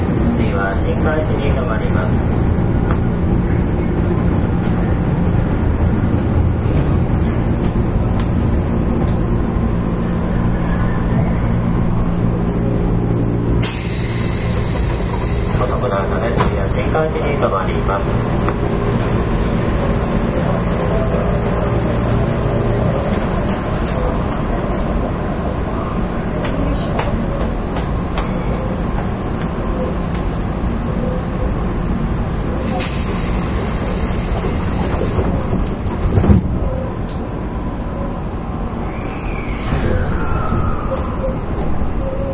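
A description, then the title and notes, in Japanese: A Sanyo Electric Railway 5000 series train runs steadily with a dense low rumble, short bright hissing bursts around 14 and 33 seconds, and faint speech. 山陽電気鉄道 5000系電車の走行音です。山陽電鉄線から神戸高速線・阪神電鉄線へ直通する直通特急列車にて収録。区間は、舞子公園から神戸三宮までです。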